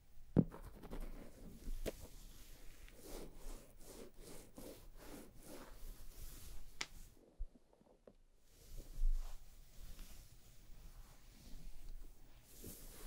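Hair is brushed and the scalp massaged in repeated rough, scratchy strokes that rise and fall about twice a second. A sharp tap sounds near the start, and the rubbing briefly stops around eight seconds before resuming at a steady pace.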